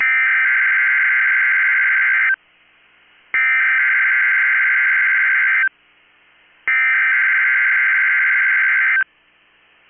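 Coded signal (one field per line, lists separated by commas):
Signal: Emergency Alert System (SAME) tones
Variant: header bursts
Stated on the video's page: Required Weekly Test from NOAA Weather Radio transmitter for the Twin Cities, with another weather radio stream mixed in and a third partly audible.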